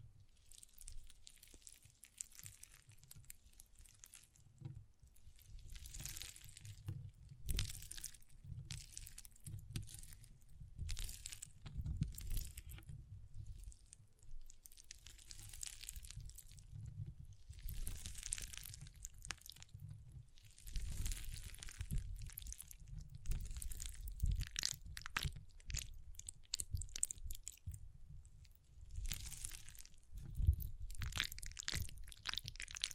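Water beads are squeezed and rolled, giving a steady low squishing rumble with repeated bright, crackly bursts every second or two. The crunchy, wet textures come in uneven clusters, growing denser and louder after about twenty seconds, with short quieter gaps between handlings.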